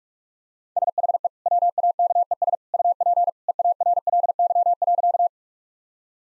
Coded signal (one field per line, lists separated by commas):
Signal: Morse code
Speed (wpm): 45 wpm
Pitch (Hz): 700 Hz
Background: none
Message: SHE WAKES UP EARLY.